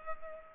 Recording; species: mosquito wingbeat signal from an infrared sensor; Culex pipiens